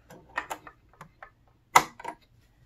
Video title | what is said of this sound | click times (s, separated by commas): Beginners Sewing Course: The Basics with a Sewing Machine | you want to make sure it snaps into place with the little arm | 1.8 s